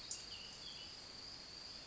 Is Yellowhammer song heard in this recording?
no